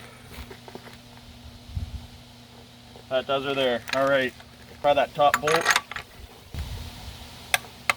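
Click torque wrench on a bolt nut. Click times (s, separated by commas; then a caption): 7.5 s, 7.9 s. Someone talks while a click-type torque wrench is pulled on a bolt nut that a Milwaukee M18 Fuel high-torque impact wrench has tightened, to check the torque. The wrench gives sharp clicks at 7.5 s and 7.9 s, showing it still clicks at its setting, so the bolt is at about 130 to 140 ft-lb.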